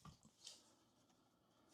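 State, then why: Seated. The backrest brackets of an Elgato Embrace gaming chair are pulled down hard into the seat's keyhole slots. Two sharp snaps sound at 0.05 s and 0.47 s, the second louder and brighter, followed by quiet low rustling. The backrest is seated, snapped into place.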